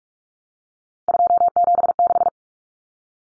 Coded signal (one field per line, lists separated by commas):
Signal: Morse code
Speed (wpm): 44 wpm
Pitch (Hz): 700 Hz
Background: none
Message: 276